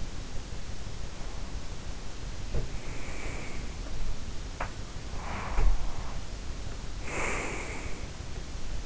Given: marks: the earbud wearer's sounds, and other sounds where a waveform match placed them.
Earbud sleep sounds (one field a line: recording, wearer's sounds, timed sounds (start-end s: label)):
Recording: sounds in sleep by an in-ear microphone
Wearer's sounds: breath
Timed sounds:
0.98-4.03 s: breath
2.50-2.83 s: sound from someone else or the room
4.52-4.88 s: sound from someone else or the room
5.23-8.19 s: breath
5.49-5.82 s: sound from someone else or the room